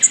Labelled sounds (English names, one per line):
Blackpoll Warbler flight call